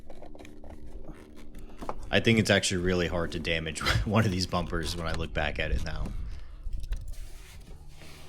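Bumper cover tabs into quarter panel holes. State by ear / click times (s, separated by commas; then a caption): not seated / none. The rear bumper cover of a Tesla Model Y Juniper is being handled during a hitch install, before it is pushed in so its plastic tabs click into the holes between the bumper and the quarter panel. Someone talks over a few faint, short handling taps at the start and near the end. Nothing has clicked or seated yet.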